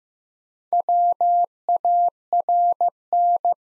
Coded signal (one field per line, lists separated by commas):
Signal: Morse code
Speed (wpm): 15 wpm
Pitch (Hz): 700 Hz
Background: none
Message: WARN